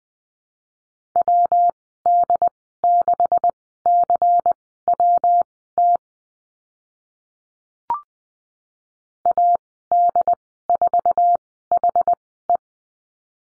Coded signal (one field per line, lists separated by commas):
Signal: Morse code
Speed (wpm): 19 wpm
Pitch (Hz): 700 Hz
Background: none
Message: WD6CWT AD4HE